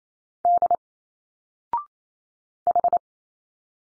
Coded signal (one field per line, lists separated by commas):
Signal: Morse code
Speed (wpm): 28 wpm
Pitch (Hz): 700 Hz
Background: none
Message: D H